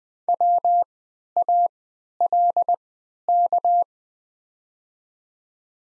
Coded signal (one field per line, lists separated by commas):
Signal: Morse code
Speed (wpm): 20 wpm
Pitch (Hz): 700 Hz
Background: none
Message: WALK